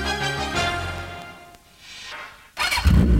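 A motorcycle engine revs hard in a radio advertisement for a motorcycle exhibition at Messe Sinsheim, its throaty harmonic roar rising and falling, briefly easing off, then bursting back in with a loud, rough growl at the end.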